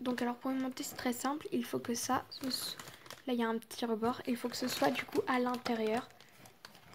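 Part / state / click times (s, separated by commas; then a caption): plastic toy part onto toy truck / seated / 6.7 s. A plastic toy part is fitted onto a toy truck with its small rim inside the edge while someone talks. It snaps on with a sharp click at 6.7 s and clips in by itself.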